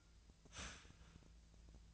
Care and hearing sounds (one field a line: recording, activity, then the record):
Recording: daily activity, microphone in the room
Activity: start toaster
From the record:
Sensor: 2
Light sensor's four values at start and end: 23/57/24/26 and 23/57/24/26